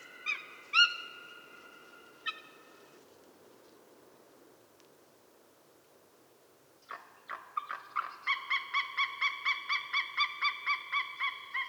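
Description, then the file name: White-tailed eagle yelping calls: a few bright harmonic notes, a pause of several seconds, then a fast, even series of sharp yelps. "wt sea eagle"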